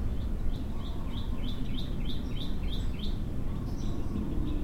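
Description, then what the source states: Bird calling, a steady run of short high chirps at an even pace, then a few fainter notes, over constant low rumbling noise. Recorded in the morning.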